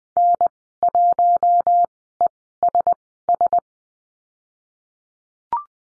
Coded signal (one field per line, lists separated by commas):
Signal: Morse code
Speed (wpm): 20 wpm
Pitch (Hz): 700 Hz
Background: none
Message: N1ESS